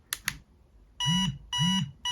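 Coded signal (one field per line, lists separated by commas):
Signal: beep code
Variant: power bank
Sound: two clicks, then two and a half buzzy beeps with vibration hum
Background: small room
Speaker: four beeps and four vibrations and they are synchronized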